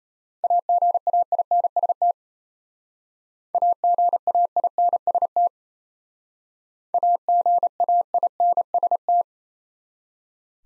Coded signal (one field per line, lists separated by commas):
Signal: Morse code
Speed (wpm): 32 wpm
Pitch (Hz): 700 Hz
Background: none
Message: AGAINST AGAINST AGAINST